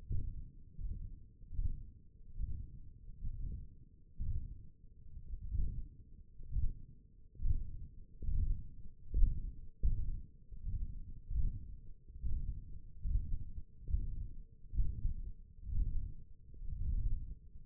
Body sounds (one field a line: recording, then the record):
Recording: forearm muscle sounds (acoustic myography)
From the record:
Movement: hand opening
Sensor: system 1, eight BSWA MPA416 microphones around the upper forearm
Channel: 1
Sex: male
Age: 21 years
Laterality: right